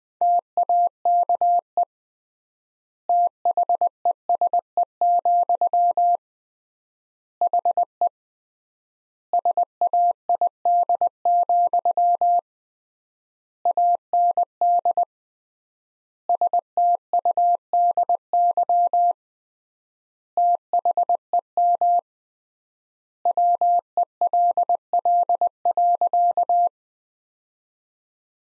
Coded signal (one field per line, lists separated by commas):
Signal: Morse code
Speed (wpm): 21 wpm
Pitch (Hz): 700 Hz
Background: none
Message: TAKE THESE, HE SAID, AND STUDY THEM WELL.